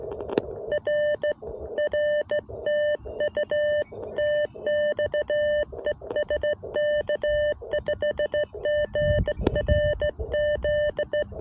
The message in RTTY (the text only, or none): none